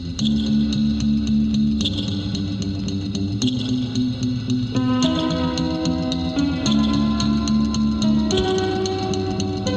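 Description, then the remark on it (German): Music drenched in heavy reverb and echo: sustained, smeared chords shift every couple of seconds beneath steady ticking percussion, the tones washing into one another at an even, fairly loud level. “Hall und Echo sind hier aus denselben Gründen wichtig wie bei den anderen Beispielen, weil sie Ferne und Weite vermitteln.”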